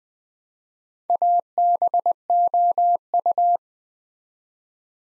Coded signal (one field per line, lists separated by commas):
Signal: Morse code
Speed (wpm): 20 wpm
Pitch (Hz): 700 Hz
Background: none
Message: ABOU